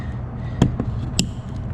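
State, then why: Seated. On an Infiniti QX60, a door switch housing's electrical connector is pushed into its plastic socket in the wiring plug while the door panel is reinstalled. Two softer knocks at about 0.6 and 0.8 seconds come before a sharp, bright click at 1.2 seconds. That click is the connector seating properly.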